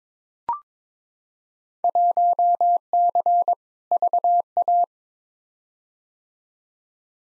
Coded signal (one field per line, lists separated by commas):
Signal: Morse code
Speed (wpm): 22 wpm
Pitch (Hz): 700 Hz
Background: none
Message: 1C VA